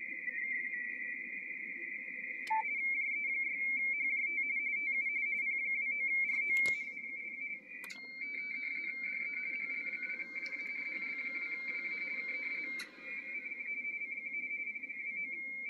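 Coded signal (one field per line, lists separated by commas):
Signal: RTTY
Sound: rapid warbling two-tone chatter near 2 kHz, continuous, with occasional clicks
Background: radio static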